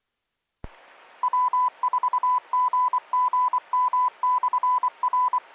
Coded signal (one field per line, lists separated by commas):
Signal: Morse code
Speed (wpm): 24 wpm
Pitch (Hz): 1000 Hz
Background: none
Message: W4GGM/R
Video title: 4-25-2021 Maury Amateur Radio Club "Newbie Net"